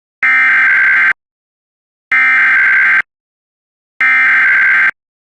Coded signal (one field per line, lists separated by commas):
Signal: Emergency Alert System (SAME) tones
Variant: header bursts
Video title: (Old) EAS Mock - Santa Barbara County TOR - 3/30/24